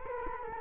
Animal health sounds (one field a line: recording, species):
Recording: mosquito wingbeat signal from an infrared sensor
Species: Culex quinquefasciatus